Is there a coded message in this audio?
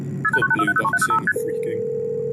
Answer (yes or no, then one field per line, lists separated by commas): yes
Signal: multi-frequency trunk signalling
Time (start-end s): 0.2-1.3 s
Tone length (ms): 60 ms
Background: speech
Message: KP290305ST